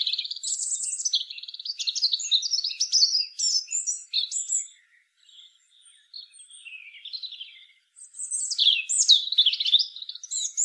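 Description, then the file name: European robin singing a rich run of high, tumbling warbled phrases with trills and thin whistles, pausing quietly around the middle before resuming loudly. "Erithacus rubecula"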